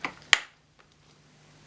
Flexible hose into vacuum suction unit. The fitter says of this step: until it clicks into position.